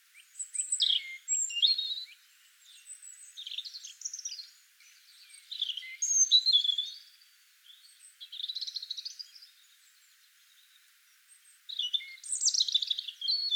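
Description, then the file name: European robin delivering separate short phrases of high, sparkling notes, each followed by a pause of about a second or two. "Erithacus rubecula"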